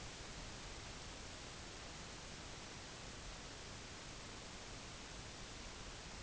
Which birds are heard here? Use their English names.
none